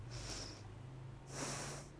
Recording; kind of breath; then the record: one breath in and out by a microphone near the nose and mouth; deep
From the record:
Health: marked as sick, illness not named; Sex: female